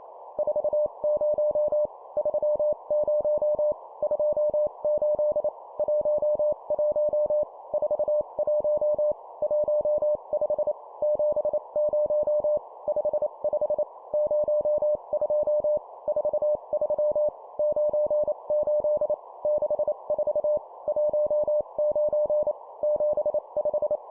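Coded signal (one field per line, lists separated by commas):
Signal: Morse code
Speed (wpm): 28 wpm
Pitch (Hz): 600 Hz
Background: none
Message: 40 30 28 11 41 15 70 55 02 43 98 64 19 75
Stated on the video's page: Morse code course drill at 25 wpm of two number words.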